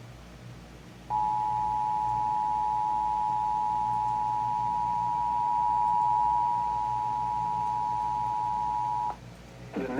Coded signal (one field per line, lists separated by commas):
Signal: Emergency Alert System (SAME) tones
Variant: 853 and 960 Hz attention tone